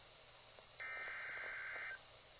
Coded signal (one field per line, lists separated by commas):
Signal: Emergency Alert System (SAME) tones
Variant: header bursts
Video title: Severe Thunderstorm Warning #22 - 07/24/22 (EAS #2,615)